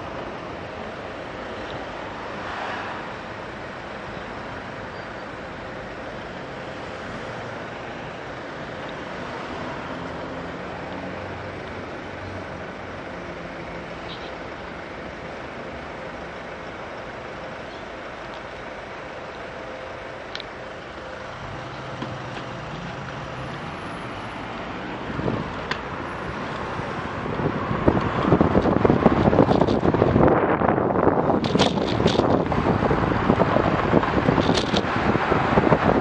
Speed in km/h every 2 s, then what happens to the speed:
0, 0, 0, 0, 0, 0, 0, 0, 0, 0, 0, 8, 17, 23, 25, 24, 30, 34.
0-20 standing. 20-36 pulls away to 34.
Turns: none.